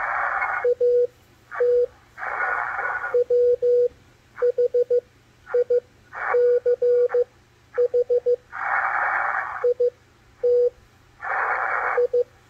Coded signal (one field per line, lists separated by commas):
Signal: Morse code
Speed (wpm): 14 wpm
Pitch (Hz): 490 Hz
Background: radio noise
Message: AT WHICH IT I